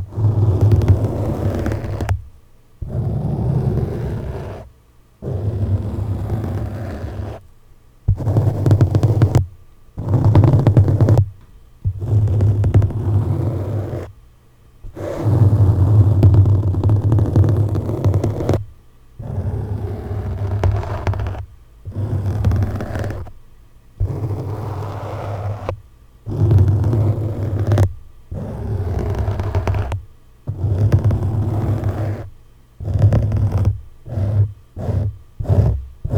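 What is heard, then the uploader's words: Sharp objects scratch directly against a microphone in rough bursts of one to three seconds, each a close, heavy scraping roar with a deep rumbling low end, separated by brief silences. Near the end the strokes get shorter and come in quick succession. ASMR Mic Scratching With Sharp Objects.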